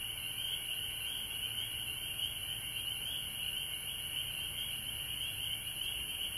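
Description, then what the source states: Frog chorus of many overlapping shrill calls blending into a constant ringing wall of sound, with a high steady hiss on top. Recorded at home in Georgia on March 19, 2020.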